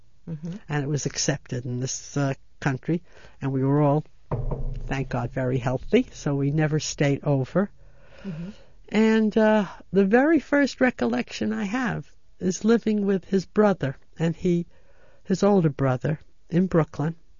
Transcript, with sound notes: And it was accepted in this country, and we were all ( she knocks ) thank God very healthy, so we never stayed over. And the very first recollection I have is living with his brother and he, his older brother in Brooklyn,